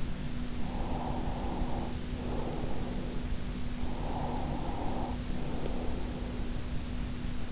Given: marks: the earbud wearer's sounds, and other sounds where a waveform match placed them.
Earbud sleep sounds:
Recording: sounds in sleep by an in-ear microphone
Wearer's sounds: breath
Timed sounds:
0.75-2.97 s: breath
3.75-6.55 s: breath

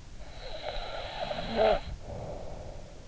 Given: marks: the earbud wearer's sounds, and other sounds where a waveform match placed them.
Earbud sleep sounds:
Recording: sounds in sleep by an in-ear microphone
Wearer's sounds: snoring breath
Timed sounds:
0.45-3.05 s: snoring breath

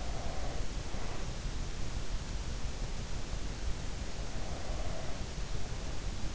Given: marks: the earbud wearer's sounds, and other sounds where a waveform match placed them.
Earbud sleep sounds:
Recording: sounds in sleep by an in-ear microphone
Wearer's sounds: breath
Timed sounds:
0.00-1.46 s: breath
4.14-5.47 s: breath

